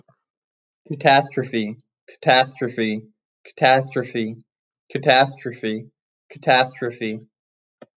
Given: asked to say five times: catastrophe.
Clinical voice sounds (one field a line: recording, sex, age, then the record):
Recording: repeated word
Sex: male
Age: 20 to 29 years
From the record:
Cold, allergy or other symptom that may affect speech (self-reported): no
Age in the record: 23 years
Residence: Florida, United States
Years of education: 16